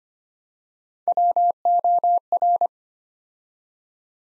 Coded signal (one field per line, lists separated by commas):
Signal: Morse code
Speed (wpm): 25 wpm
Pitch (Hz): 700 Hz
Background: none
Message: WOR